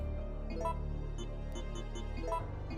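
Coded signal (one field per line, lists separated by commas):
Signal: none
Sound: game's audio puzzle tones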